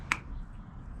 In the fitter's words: and put it in the new one snaps